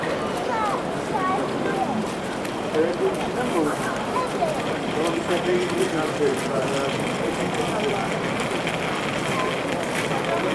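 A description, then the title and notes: A dense crowd murmurs at the Eiffel Tower, many voices overlapping into a steady, lively wash with no single speaker standing out. Occasional brighter shouts and calls rise above the chatter, while a low rumble of traffic hums underneath throughout. A Field Recording of the Eiffel Tower. Ring in the new year with this field recording of the Eiffel Tower in Paris, France. Recorded with Zoom H2n, using X/Y Mic Set-up at 90 Degrees wide.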